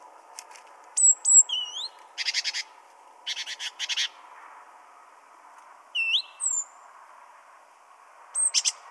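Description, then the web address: Great tit calls: high swooping whistled notes mixed with harsh buzzy churring chatters, in scattered bursts over a faint steady hum. "pub SETE data Parus major"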